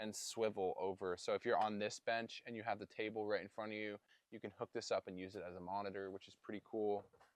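A swing-out TV screen on a swivel arm in a camper van is handled near its wall mount latch while someone talks. Nothing has seated or clicked yet; the clip ends before the arm goes back into its stowed position.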